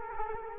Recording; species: mosquito wingbeat signal from an infrared sensor; Culex quinquefasciatus